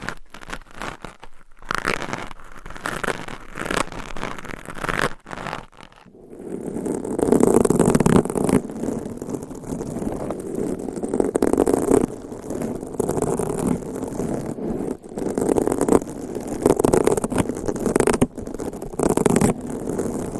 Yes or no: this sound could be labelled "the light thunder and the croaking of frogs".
no